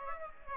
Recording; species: mosquito wingbeat signal from an infrared sensor; Aedes aegypti